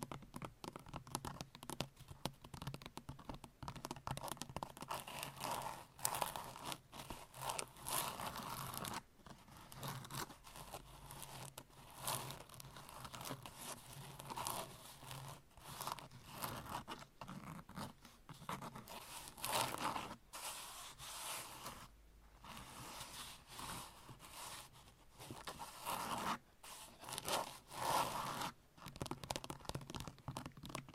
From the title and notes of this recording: ASMR Sleep Triggers - Brain Melting Scratching , Tapping , Massage Long Nails No Talking.